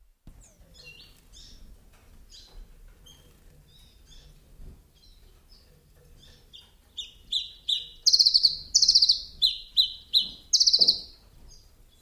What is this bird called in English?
Common Chiffchaff